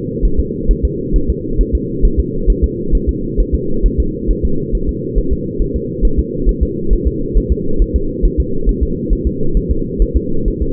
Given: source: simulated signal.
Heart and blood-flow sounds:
fetal heart sounds
0.25 s: S1
0.40 s: S2
0.71 s: S1
0.85 s: S2
1.16 s: S1
1.30 s: S2
1.61 s: S1
1.75 s: S2
2.05 s: S1
2.19 s: S2
2.50 s: S1
2.64 s: S2
2.95 s: S1
3.09 s: S2
3.40 s: S1
3.55 s: S2
3.86 s: S1
4.00 s: S2
4.31 s: S1
4.45 s: S2
4.75 s: S1
4.89 s: S2
5.18 s: S1
5.33 s: S2
5.62 s: S1
5.76 s: S2
6.05 s: S1
6.19 s: S2
6.49 s: S1
6.63 s: S2
6.93 s: S1
7.07 s: S2
7.37 s: S1
7.52 s: S2
7.82 s: S1
7.96 s: S2
8.25 s: S1
8.40 s: S2
8.69 s: S1
8.83 s: S2
9.13 s: S1
9.27 s: S2
9.57 s: S1
9.71 s: S2
10.02 s: S1
10.16 s: S2
10.48 s: S1
10.62 s: S2
From the record:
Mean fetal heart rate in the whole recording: 135 bpm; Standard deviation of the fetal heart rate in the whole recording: 3 bpm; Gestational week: 36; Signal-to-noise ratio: -8.1 dB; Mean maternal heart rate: 72 bpm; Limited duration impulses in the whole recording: absent

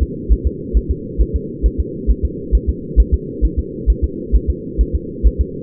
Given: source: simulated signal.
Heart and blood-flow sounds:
fetal heart sounds
0.03 s: S2
0.32 s: S1
0.47 s: S2
0.77 s: S1
0.91 s: S2
1.21 s: S1
1.36 s: S2
1.66 s: S1
1.80 s: S2
2.11 s: S1
2.25 s: S2
2.55 s: S1
2.69 s: S2
3.00 s: S1
3.14 s: S2
3.45 s: S1
3.59 s: S2
3.90 s: S1
4.04 s: S2
4.36 s: S1
4.50 s: S2
4.81 s: S1
4.95 s: S2
5.27 s: S1
5.41 s: S2
From the record:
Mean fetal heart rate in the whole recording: 135 bpm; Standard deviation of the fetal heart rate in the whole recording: 3 bpm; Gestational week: 34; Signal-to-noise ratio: -4.1 dB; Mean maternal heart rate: no maternal heart sound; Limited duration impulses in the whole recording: absent

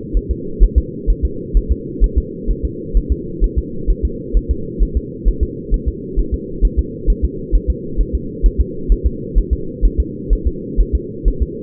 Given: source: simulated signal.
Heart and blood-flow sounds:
fetal heart sounds
0.17 s: S1
0.31 s: S2
0.63 s: S1
0.78 s: S2
1.10 s: S1
1.25 s: S2
1.57 s: S1
1.72 s: S2
2.04 s: S1
2.18 s: S2
2.50 s: S1
2.65 s: S2
2.97 s: S1
3.12 s: S2
3.44 s: S1
3.58 s: S2
3.90 s: S1
4.05 s: S2
4.37 s: S1
4.51 s: S2
4.83 s: S1
4.97 s: S2
5.28 s: S1
5.43 s: S2
5.74 s: S1
5.88 s: S2
6.19 s: S1
6.34 s: S2
6.65 s: S1
6.79 s: S2
7.10 s: S1
7.25 s: S2
7.55 s: S1
7.70 s: S2
8.01 s: S1
8.15 s: S2
8.46 s: S1
8.61 s: S2
8.92 s: S1
9.06 s: S2
9.38 s: S1
9.53 s: S2
9.85 s: S1
10.00 s: S2
10.33 s: S1
10.47 s: S2
10.80 s: S1
10.95 s: S2
11.28 s: S1
11.42 s: S2
From the record:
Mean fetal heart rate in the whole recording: 130 bpm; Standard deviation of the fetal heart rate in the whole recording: 2 bpm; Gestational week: 36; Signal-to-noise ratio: -4.3 dB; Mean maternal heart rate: 72 bpm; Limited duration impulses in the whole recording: absent

